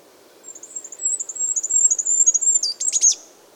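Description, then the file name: Goldcrest song: a very high, thin run of rapidly repeated notes lasting about two seconds, ending in a quick, tumbling flourish. "Regolo"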